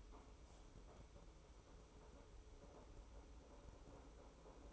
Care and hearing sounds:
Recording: daily activity, microphone in the room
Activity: make coffee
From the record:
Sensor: 1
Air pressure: 995.1 hPa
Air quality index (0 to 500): 35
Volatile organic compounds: 1 ppm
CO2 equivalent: 626 ppm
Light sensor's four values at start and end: 16/56/20/22 and 17/56/20/23

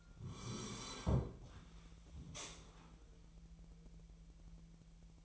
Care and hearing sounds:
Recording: daily activity, microphone in the room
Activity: sit down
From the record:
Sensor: 1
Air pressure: 1001.8 hPa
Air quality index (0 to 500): 247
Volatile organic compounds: 119 ppm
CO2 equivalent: 3868 ppm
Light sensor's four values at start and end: 12/28/12/14 and 12/29/12/14

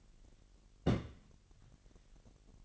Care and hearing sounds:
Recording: daily activity, microphone in the room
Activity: place on stove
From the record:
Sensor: 4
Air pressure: 1012.9 hPa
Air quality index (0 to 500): 239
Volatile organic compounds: 4 ppm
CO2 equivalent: 1593 ppm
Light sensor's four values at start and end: 27/65/26/25 and 28/66/27/26

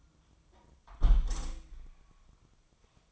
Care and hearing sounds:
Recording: daily activity, microphone in the room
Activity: close window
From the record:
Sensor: 1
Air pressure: 1004.7 hPa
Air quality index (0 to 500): 111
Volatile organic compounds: 3 ppm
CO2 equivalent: 1525 ppm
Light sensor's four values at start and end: 9/21/8/9 and 8/21/8/9

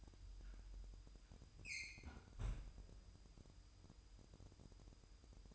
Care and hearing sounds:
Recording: daily activity, microphone in the room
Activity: close fridge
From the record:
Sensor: 2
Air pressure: 988.3 hPa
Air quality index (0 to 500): 191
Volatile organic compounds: 185 ppm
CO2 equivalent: 4162 ppm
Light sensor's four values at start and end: 21/70/27/26 and 21/70/27/26

